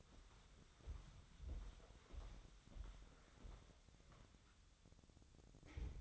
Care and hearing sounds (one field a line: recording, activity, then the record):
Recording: daily activity, microphone in the room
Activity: walk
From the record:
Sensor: 3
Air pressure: 1015.3 hPa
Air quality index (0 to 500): 128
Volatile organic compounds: 5 ppm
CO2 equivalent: 1800 ppm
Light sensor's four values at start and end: 15/39/15/17 and 15/40/16/17